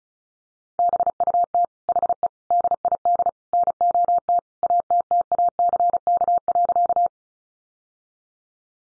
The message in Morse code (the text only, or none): BUT HE DID NOT ATTACK.